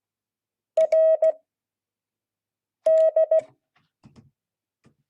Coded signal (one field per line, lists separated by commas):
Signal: Morse code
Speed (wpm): 16 wpm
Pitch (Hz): 640 Hz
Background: none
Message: RD